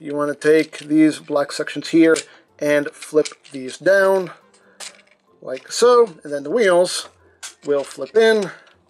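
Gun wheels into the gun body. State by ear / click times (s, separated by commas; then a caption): not seated / none. Someone talks while handling the plastic anti-aircraft gun of an MP-44 Masterpiece Optimus Prime 3.0 toy figure, flipping its black sections down as the wheels are about to flip in and lock into the gun body. Faint handling noises come at about 4.5 and 5.1 seconds. Nothing has seated or clicked yet.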